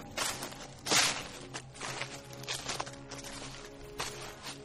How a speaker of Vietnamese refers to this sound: Bất giác tôi nghe có tiếng xào xạc. Là tiếng xào xạc nào đó, lúc xa, lúc gần. Thế nhưng dần dần tôi cảm giác rõ là có cái gì đó đang tiến đến mỗi lúc một gần tôi hơn.